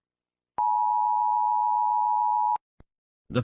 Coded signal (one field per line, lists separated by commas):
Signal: Emergency Alert System (SAME) tones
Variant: 853 and 960 Hz attention tone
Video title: (Valentine's Special 2) EAS Short Scenario 12 - The Valentine's Strike